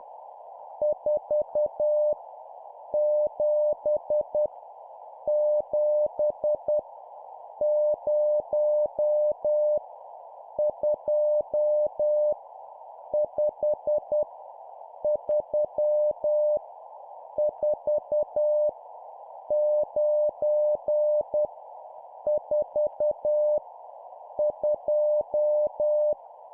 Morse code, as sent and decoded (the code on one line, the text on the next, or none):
....- / --... / --... / ----- / ..--- / ..... / ...-- / ....- / ----. / ....- / ..---
4 7 7 0 2 5 3 4 9 4 2